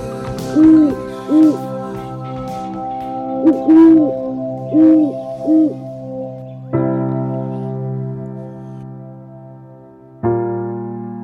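An owl hoots six times in quick, uneven pairs, each call a soft, rounded, mid-pitched note, before steady sustained tones like a held chime or synth chord take over to the end.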